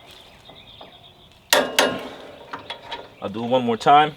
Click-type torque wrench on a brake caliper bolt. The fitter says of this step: you doing listen for that click